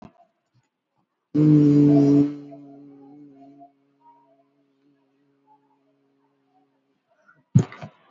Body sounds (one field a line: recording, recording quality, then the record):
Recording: sustained vowel as in beet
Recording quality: excellent, no background noise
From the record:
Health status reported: healthy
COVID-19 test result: negative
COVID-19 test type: RT-PCR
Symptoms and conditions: cough, cold, fever, fatigue, loss of smell and taste, hypertension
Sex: male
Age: 42 years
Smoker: no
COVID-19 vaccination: one dose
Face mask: worn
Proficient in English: yes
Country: India